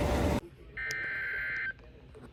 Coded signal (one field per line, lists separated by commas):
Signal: Emergency Alert System (SAME) tones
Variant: header bursts